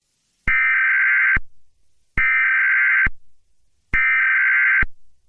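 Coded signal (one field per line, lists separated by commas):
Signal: Emergency Alert System (SAME) tones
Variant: header bursts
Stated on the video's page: Fictional Emergency Alert System scenario set in Wyoming, part of a simulated series.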